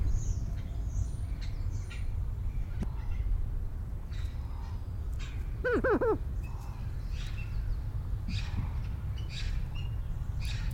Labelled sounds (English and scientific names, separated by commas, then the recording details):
Greater Prairie Chicken (Tympanuchus cupido) call
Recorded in captivity
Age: adult
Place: Tierpark Berlin, Berlin, DE
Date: 1993-03-13 11:57
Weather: 5-12 °C, heiter
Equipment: Marantz CP 430, Sennheiser ME 80, Kopie Uher Variocord 263
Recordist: Tembrock, Günter